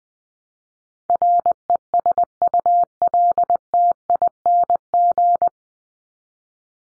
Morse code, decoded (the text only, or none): RESULTING